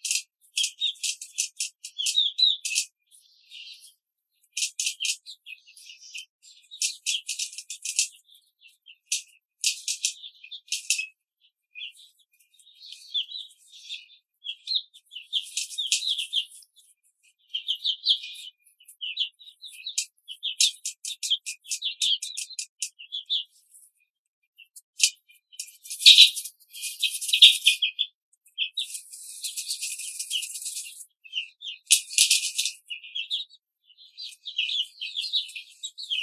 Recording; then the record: young laying hens in a cage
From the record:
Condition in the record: control cage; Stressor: none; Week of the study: 5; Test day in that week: 1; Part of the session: 3